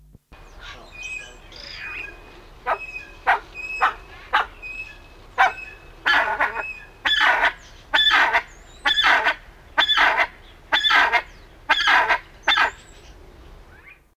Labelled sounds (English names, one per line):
Brown Eared Pheasant call